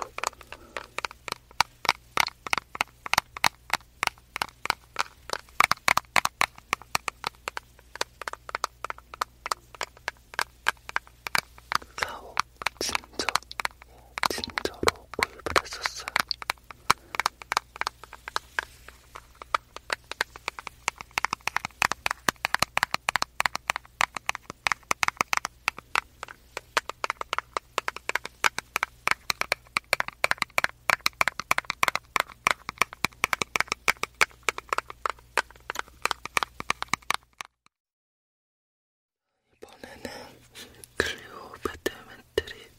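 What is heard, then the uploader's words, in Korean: Fingers tap a cosmetics box in dense, quick, crisp clicks almost nonstop, over a faint low hum, with a brief silence near the end. ASMR 화장품 박스 탭핑 소리 가득.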